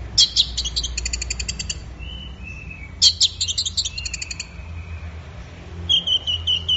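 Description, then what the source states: Orange-headed thrush song with rapid rattling trills, soft lower whistles between them, and a closing series of repeated clear notes. Bird in full, intense song (gacor teler), used for training songbirds; Indonesian name anis merah.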